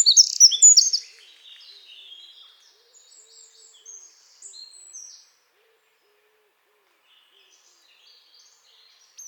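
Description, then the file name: Eurasian wren song, a high sharp burst at the start trailing into quieter high trills and scattered faint notes. "Troglodytes troglodytes"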